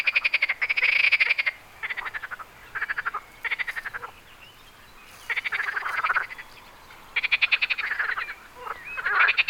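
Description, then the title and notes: Frogs giving bursts of rapid pulsed croaks, loud rattling phrases alternating with softer ones, several callers overlapping with brief pauses between bouts. Frogs on Wyspa Sobieszewska, Gdańsk, Poland. "Wyspa Sobieszewska, Gdańsk, Poland - Frogs. Żaby. rec Rafał Kołacki"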